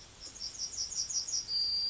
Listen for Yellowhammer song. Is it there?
yes